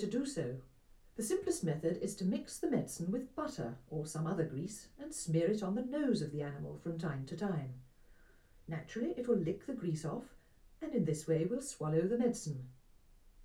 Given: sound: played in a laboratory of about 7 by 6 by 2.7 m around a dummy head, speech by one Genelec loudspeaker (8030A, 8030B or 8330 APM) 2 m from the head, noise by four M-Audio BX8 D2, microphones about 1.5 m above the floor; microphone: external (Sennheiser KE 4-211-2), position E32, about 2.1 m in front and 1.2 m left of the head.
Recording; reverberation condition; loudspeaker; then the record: female speech in English; low; 150 degrees to the right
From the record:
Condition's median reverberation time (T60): about 310 ms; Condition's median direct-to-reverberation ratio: about 3.5 dB